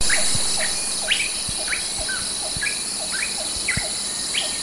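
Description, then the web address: Olive-winged bulbul calls: short upslurred chirps repeated in a loose series, with softer lower notes, over a steady high insect drone and occasional low thumps. Recorded at Danum on 9 August 2009. "DANUM 20090809. olive-winged bulbul"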